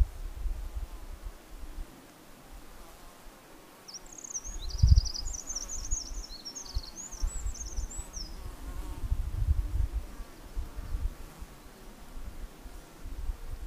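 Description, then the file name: Eurasian wren song, a single energetic phrase of rapid high trills and twitters lasting about four seconds, with wind rumbling throughout. "Troglodytes troglodytes"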